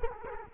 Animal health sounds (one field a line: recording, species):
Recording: mosquito wingbeat signal from an infrared sensor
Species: Culex quinquefasciatus